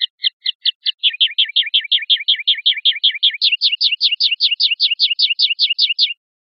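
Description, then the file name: European goldfinch song of steady repeated chirps, shifting partway through to a slightly higher note series. "suara burung chardonneret atau goldfinch eropa om kicau"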